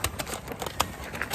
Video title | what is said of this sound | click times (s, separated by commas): What Will Secure A Pop Up Tent In Sand And Grass / Party Rental Company Canopy Mounting Hacks | and then click did | 0.8 s